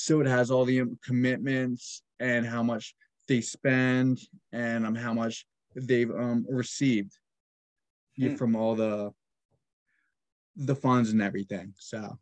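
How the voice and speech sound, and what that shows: A 26-year-old man, a business professional who stutters, speaking with a stretched word, a drawn-out 'the' and a long silent block before resuming: stuttering.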